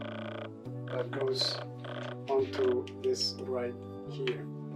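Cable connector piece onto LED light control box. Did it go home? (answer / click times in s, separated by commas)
no / none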